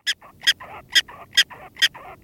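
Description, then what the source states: Prairie dog alarm calls, sharp high chirps repeated about twice a second, alternating with lower, harsher notes. Alarm calls signalling a badger, played back from a speaker near a curlew nest in a field experiment testing whether curlews respond to them.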